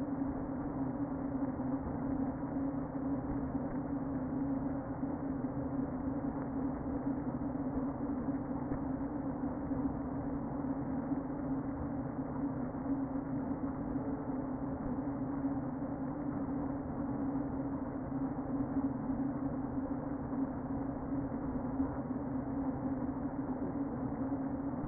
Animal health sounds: honeybee colony, microphone inside the hive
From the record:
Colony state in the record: queen present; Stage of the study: before two queens were removed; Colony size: about 60,000 bees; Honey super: yes

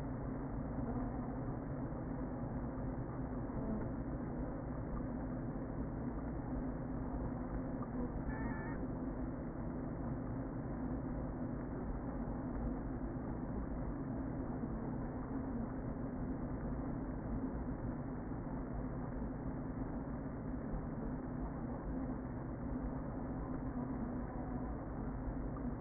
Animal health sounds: honeybee colony, microphone inside the hive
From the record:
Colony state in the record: queen present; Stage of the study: before two queens were removed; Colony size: about 60,000 bees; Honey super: yes

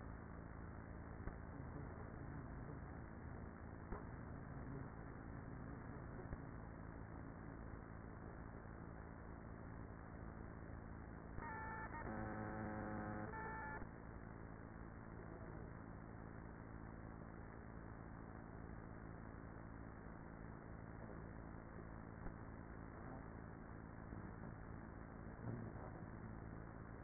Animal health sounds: honeybee colony, microphone inside the hive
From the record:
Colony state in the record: queenless with a low population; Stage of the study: after two queens were removed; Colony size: about 30,000 bees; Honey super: no

